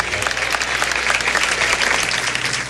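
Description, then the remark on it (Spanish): Steady, dense applause from an audience for José Antonio Abreu, a sustained crackle of many hands clapping at an even loudness throughout, with no voices standing out. “Vamos a darle un aplauso a ese trujillano, gran venezolano, maestro universal José Antonio Abreu.”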